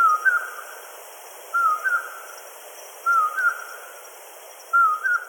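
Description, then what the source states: Common Poorwill calling: a whistled two-part phrase, a short wavering note then a higher clipped note, repeated about every one and a half seconds, four times, over steady hiss. Breeds regularly in Utah; sounds like the eastern whippoorwill without the 'whip'; mostly active after sunset and before sunrise.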